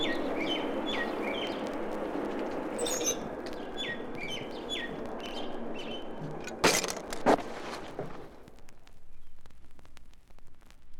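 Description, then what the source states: Sparrows chirping in quick repeated notes through the first half, then a pair of sharp clattering knocks and a quieter hum. Sparrows in a back yard in New York City, recorded beside a clothes line.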